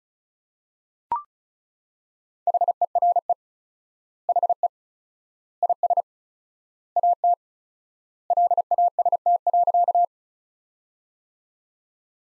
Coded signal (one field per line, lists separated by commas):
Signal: Morse code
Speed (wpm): 34 wpm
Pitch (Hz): 700 Hz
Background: none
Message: HERE HE IS AT LAST.